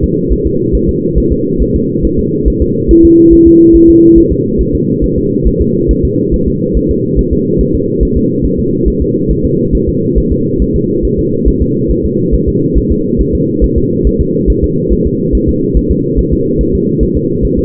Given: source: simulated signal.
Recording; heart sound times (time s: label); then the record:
fetal heart sounds
0.04 s: S2
0.32 s: S1
0.47 s: S2
0.75 s: S1
0.89 s: S2
1.18 s: S1
1.32 s: S2
1.62 s: S1
1.76 s: S2
2.05 s: S1
2.19 s: S2
2.48 s: S1
2.62 s: S2
2.91 s: S1
3.05 s: S2
3.33 s: S1
3.47 s: S2
3.75 s: S1
3.90 s: S2
4.18 s: S1
4.32 s: S2
4.61 s: S1
4.75 s: S2
5.04 s: S1
5.18 s: S2
5.47 s: S1
5.61 s: S2
5.91 s: S1
6.05 s: S2
6.34 s: S1
6.48 s: S2
6.77 s: S1
6.91 s: S2
7.19 s: S1
7.33 s: S2
7.61 s: S1
7.75 s: S2
8.03 s: S1
8.17 s: S2
8.45 s: S1
8.59 s: S2
8.88 s: S1
9.02 s: S2
9.31 s: S1
9.45 s: S2
9.75 s: S1
9.89 s: S2
10.18 s: S1
10.32 s: S2
10.62 s: S1
10.76 s: S2
11.05 s: S1
11.19 s: S2
11.48 s: S1
11.62 s: S2
11.91 s: S1
12.05 s: S2
12.34 s: S1
12.48 s: S2
12.78 s: S1
12.92 s: S2
13.21 s: S1
13.35 s: S2
13.64 s: S1
13.78 s: S2
14.07 s: S1
14.21 s: S2
14.50 s: S1
14.64 s: S2
14.93 s: S1
15.07 s: S2
15.35 s: S1
15.49 s: S2
15.77 s: S1
15.91 s: S2
16.19 s: S1
16.33 s: S2
16.61 s: S1
16.75 s: S2
17.03 s: S1
17.17 s: S2
17.45 s: S1
17.59 s: S2
From the record:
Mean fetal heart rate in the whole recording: 140 bpm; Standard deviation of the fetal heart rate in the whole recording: 2 bpm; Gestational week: 34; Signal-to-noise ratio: -11.2 dB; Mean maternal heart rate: 72 bpm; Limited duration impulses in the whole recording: present